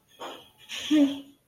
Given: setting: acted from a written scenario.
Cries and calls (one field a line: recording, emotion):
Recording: vocal sound without words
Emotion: anger